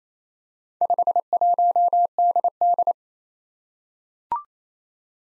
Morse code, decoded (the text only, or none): 51DD